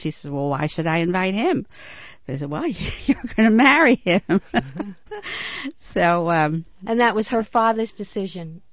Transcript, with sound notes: And she said, "Well, why should I invite him?" He said, "Well, you're going to marry him." (She laughs) So...
And that was her father's decision.